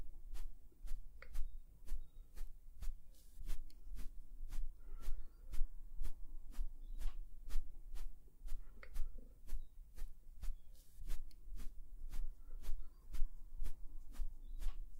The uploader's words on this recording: ASMR Sauna Spa Treatment Roleplay (Oil Massage & Facial w Layered Sounds).